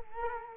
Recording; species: mosquito wingbeat signal from an infrared sensor; Culex quinquefasciatus